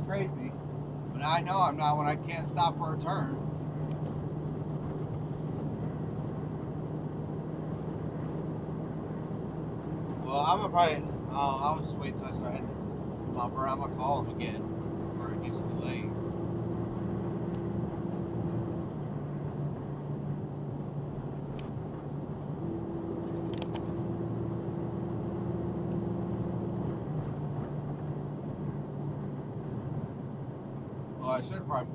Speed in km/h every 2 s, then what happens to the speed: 68, 69, 71, 71, 72, 74, 76, 77, 79, 79, 77, 77, 79, 81, 77, 74.
0-15 speeds up to 79. 15-25 steady at about 79.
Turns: none.